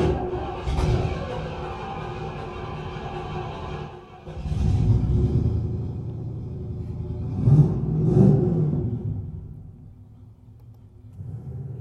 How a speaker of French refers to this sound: on est sur une bagnole, c'était pour Phantom Boy, j'avais besoin d'enregistrer des voitures américaines